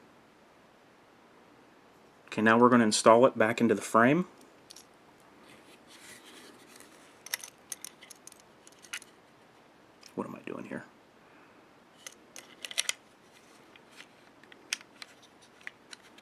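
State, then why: Not seated. Someone talks while handling an internal part of a Glock pistol, working it back down into the polymer frame, with sharp metallic ticks and light scraping around 7.3, 12.7 to 12.9 and 14.7 seconds. The part has not seated or clicked into place yet.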